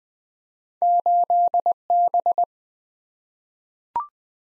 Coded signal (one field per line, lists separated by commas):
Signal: Morse code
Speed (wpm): 20 wpm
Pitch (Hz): 700 Hz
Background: none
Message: 8B